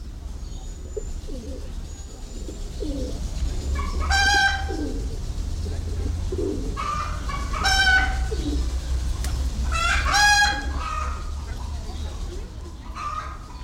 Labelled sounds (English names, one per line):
Red Junglefowl call